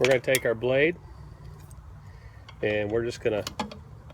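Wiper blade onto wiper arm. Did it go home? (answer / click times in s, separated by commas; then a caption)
no / none. Someone talks while an Everblades heated wiper blade is handled near a truck's wiper arm, with a few faint handling ticks between the words. The blade is about to be slid on so its plastic adapter snaps in, but nothing has seated or clicked yet.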